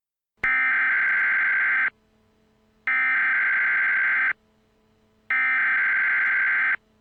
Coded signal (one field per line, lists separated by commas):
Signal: Emergency Alert System (SAME) tones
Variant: header bursts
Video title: Test EAS Scenario: Heightened Aggression Virus